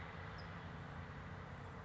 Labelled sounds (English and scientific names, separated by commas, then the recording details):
California Towhee (Melozone crissalis)
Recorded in Sonoma County, California